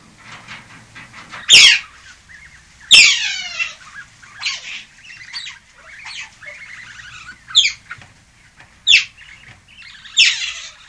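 European otter chirps and squeaks, sharp bright notes with falling tails, irregularly repeated every second or so.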